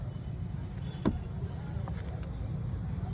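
A metal seat belt tongue is pushed into a car seat belt buckle with a red button and clicks in at 1.0 s with a sharp, short hit. Two fainter ticks follow at about 1.9 s and 2.2 s over a steady low rumble. The belt is seated.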